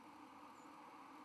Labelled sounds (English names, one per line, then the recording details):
White-throated Sparrow flight call
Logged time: 09:17 on 31 October 2014